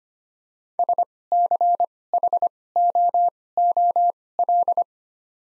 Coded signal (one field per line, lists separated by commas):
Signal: Morse code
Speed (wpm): 25 wpm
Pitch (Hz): 700 Hz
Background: none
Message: SCHOOL